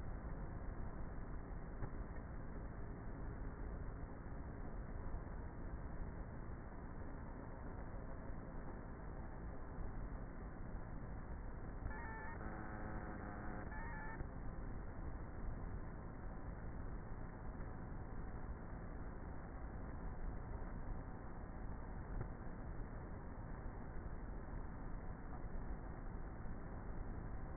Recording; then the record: honeybee colony, microphone inside the hive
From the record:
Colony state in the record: queenless with a low population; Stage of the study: before two queens were removed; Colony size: about 30,000 bees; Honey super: no